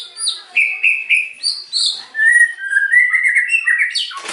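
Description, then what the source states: White-rumped shama giving clear, evenly spaced whistled notes, then a smoother run of rising and falling fluty phrases ending in a sharp downward note. Lure song used to provoke a response from other shamas; the bird is described as singing persistently and energetically (gacor).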